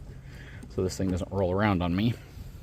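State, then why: Not seated. Someone talks while handling the wheel lock lever on a caster wheel of a Turbro battery-powered misting fan, locking the wheels so the fan won't roll around. Only speech over a low steady background is heard, and nothing has clicked or locked yet.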